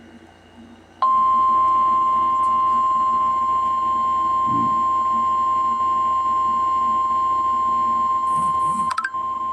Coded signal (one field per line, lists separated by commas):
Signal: Emergency Alert System (SAME) tones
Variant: 1050 Hz attention tone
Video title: EAS #87- #107